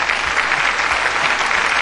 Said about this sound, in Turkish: Alkış efekti veren elleriniz dert görmesin.